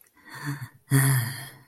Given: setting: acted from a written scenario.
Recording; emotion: vocal sound without words; contentment